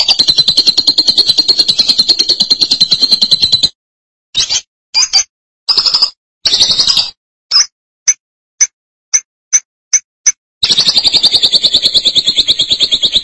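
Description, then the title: Lovebird chattering song: dense, rapid high squeaks, then a broken series of short bursts, then continuous fast buzzy chatter again. "BM Suara Burung Lovebird"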